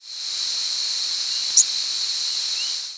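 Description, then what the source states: Mourning warbler flight call: one very short, high note about halfway through, standing out over a steady, loud hiss. Night flight call.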